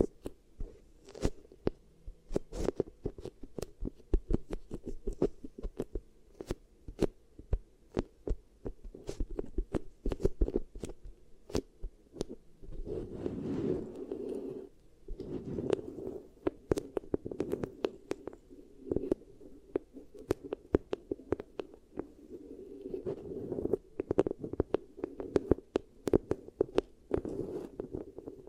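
Beeswax ear triggers: a dense run of sharp sticky clicks and crackles, many per second, spread across the whole clip. Underneath sits a low, soft rubbing murmur that swells into louder squishy passages around 13–16 seconds and again near 23–27 seconds.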